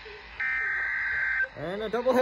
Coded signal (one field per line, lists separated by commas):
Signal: Emergency Alert System (SAME) tones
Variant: header bursts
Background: speech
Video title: (5/30) FFW/SVA (REAL EAS#4051-4055)